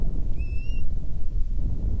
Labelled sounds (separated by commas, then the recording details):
bird, wind
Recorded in the Prudhoe Bay oil fields, Alaska, on 10 July 2019 at 09:46
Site 11